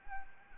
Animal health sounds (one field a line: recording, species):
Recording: mosquito wingbeat signal from an infrared sensor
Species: Anopheles arabiensis